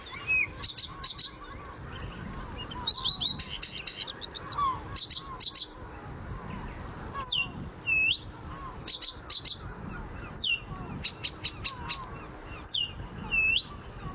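A warbler sings a varied song of clipped, staccato phrases, mixing rapid high ticking bursts with whistled swoops and mimicked notes, delivered in an unhurried rhythm over a soft background hiss.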